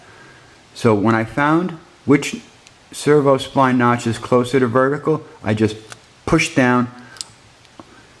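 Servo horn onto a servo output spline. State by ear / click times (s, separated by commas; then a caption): seated / 7.2 s. A plastic servo horn is lined up on a servo output spline at the notch closest to vertical and pushed down by hand while someone talks. It snugly snaps into place with a sharp click at 7.2 s, followed by two fainter ticks.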